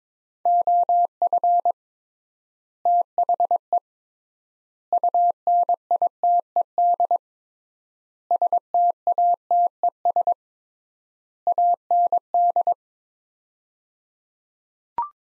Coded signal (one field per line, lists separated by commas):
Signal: Morse code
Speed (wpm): 22 wpm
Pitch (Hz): 700 Hz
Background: none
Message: OF THE UNITED STATES AND